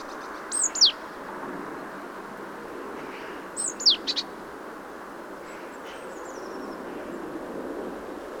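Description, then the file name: Great tit calls, two short bursts of high sharp notes, each a descending slur followed by quick chips, about three seconds apart, with faint high twittering later and steady background hiss. "Parus major"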